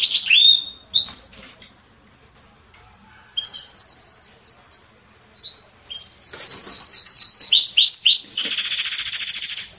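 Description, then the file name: Canary song with whistled notes, a run of quick falling trills near the end and a sustained buzzy roll in the final one and a half seconds, with short pauses between phrases. "Canary Voice"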